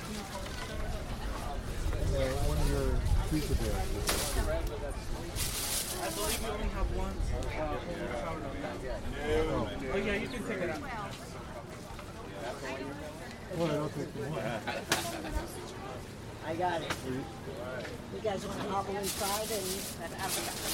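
Voices talk steadily through a walk near Eastern Market on Capitol Hill, several people overlapping in a busy murmur. A low rumble sits underneath, heaviest in the first few seconds, and short bright hissing bursts cut in around 4, 6, 15 and 19 seconds.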